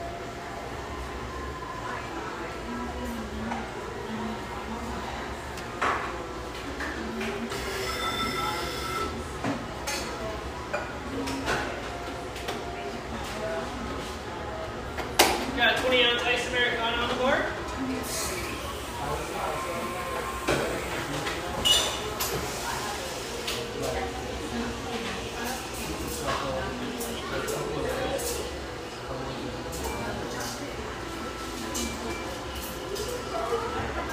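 Café chatter murmurs steadily under a low hum, with frequent clinks and clatters of dishes and a louder burst of clattering around fifteen seconds.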